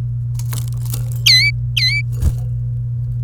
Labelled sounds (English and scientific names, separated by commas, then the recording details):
Domestic Canary (Serinus canaria) song
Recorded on 27 April 2018 at 17:14
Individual llb3